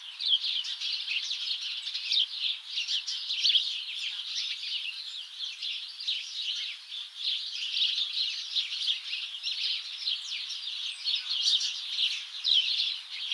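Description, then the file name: House sparrows chattering, many rapid chirps blending into a busy, unbroken flock chorus that swells and eases over the whole stretch. "Passer domesticus"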